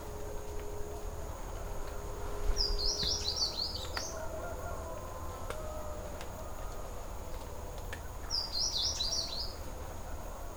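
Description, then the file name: Blue seedeater giving a high, rapid twittering phrase of about a second, repeated twice roughly six seconds apart, over steady low rumbling noise and a faint high hum. Panama, 13 July 2010. "Blue Seedeater Panama 20100713"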